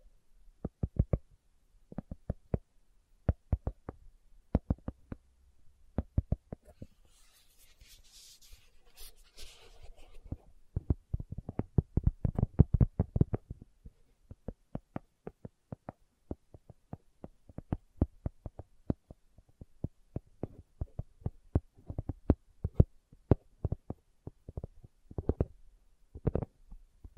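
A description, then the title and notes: Slow tapping, a string of sharp, dry taps with uneven gaps, sometimes single and sometimes in quick little clusters. Around seconds 6 to 10 a soft hiss rises briefly. After about 11 seconds the taps grow busier and denser before thinning out again. ASMR Slow Tapping for Deep Sleep (No Talking).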